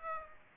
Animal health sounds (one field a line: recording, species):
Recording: mosquito wingbeat signal from an infrared sensor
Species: Aedes aegypti